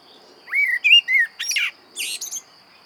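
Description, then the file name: Common blackbird: three rich whistled notes followed by two harsh, scratchy high squeaks; a thin steady tone runs throughout. "Turdus merula"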